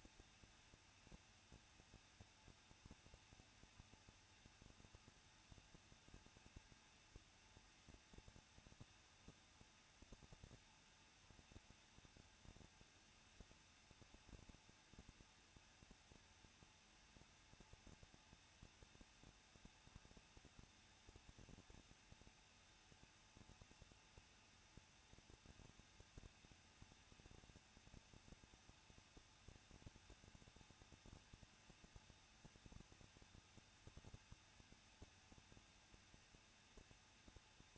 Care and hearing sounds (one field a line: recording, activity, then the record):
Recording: daily activity, microphone in the room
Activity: no activity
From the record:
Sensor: 2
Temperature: 21.0 degrees Celsius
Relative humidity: 37.6%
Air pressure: 1006.3 hPa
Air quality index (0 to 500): 224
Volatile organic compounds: 25 ppm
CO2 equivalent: 2848 ppm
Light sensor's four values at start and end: 2/3/2/2 and 2/3/2/2